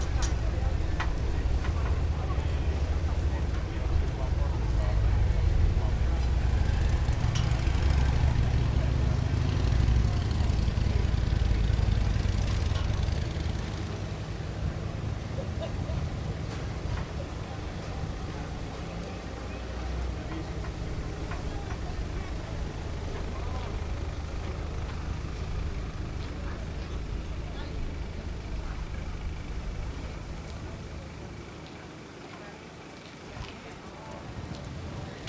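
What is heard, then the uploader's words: Late afternoon on a waterfront street: people amble past talking, their voices mixing with a steady outdoor murmur. A low engine rumble dominates the first dozen seconds, then fades, leaving quieter chatter and scattered small clinks that thin further near the end. Late afternoon at Nagu Strandvagen. In Nagu, Finland, on a sunny Sunday afternoon looking out from the pier of the Archipelago Line route Turku–Själö–Nagu, day trippers with dogs and ice-creams, amble past others enjoying early suppers in the waterfront restaurants. Recorded by Julian Weaver.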